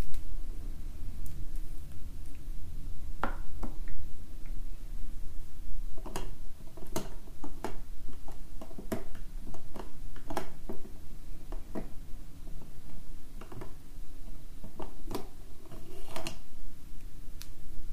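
Markers drawing on paper, heard as a steady low rumble with short, sharp scratchy strokes breaking through. The strokes come irregularly, a few per second at their busiest, most clustered between about 6 and 17 seconds, with a couple of early ones near 3 seconds.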